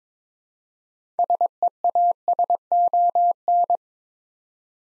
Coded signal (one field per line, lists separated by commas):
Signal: Morse code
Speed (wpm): 22 wpm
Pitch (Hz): 700 Hz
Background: none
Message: SEASON